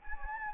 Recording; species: mosquito wingbeat signal from an infrared sensor; Anopheles gambiae